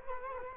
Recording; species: mosquito wingbeat signal from an infrared sensor; Culex quinquefasciatus